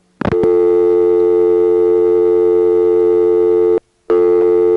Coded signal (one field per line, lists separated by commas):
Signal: telephone call progress tone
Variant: North America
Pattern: dial tone